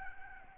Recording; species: mosquito wingbeat signal from an infrared sensor; Aedes albopictus